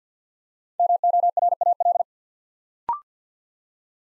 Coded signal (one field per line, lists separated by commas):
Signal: Morse code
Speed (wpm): 48 wpm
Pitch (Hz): 700 Hz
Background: none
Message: MORAL